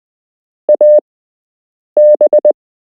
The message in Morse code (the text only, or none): AB